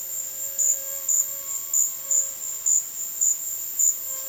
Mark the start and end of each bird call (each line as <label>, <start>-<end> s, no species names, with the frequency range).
bird call (0.5-3.2 kHz), 0.26-2.48 s